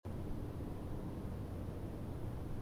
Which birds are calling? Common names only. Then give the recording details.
none. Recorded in France